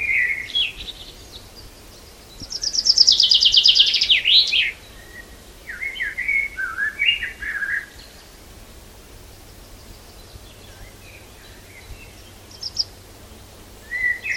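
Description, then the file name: Common chaffinch song: a bright descending trill ending in a quick flourish, followed by scattered lower warbled notes and a few brief chirps later. "Fringilla coelebs"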